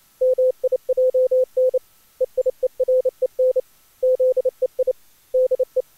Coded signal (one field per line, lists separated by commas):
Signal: Morse code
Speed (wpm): 29 wpm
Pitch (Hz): 510 Hz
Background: none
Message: MIJN EIEREN ZEI DE